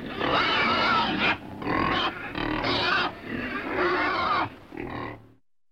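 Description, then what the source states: Pig grunting in several loud, raspy bursts, the last one quieter. Grunting in a pen.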